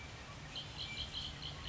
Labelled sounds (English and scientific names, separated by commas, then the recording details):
Red-winged Blackbird (Agelaius phoeniceus)
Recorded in Sonoma County, California